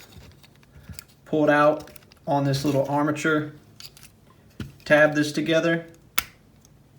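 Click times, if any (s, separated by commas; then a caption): 6.2 s. Someone talks while pulling a backpack out on a small armature of a Transformers Studio Series Barricade transforming robot figure and pressing the plastic tab of one panel into the mating part of the figure. A single sharp snap at 6.2 s marks the tab clicking into place, and the panels are seated.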